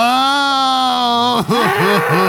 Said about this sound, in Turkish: Tamam ağlama.